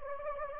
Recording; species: mosquito wingbeat signal from an infrared sensor; Anopheles gambiae